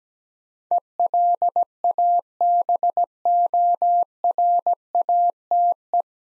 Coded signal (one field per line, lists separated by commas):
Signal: Morse code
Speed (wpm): 17 wpm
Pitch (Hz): 700 Hz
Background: none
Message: ELABORATE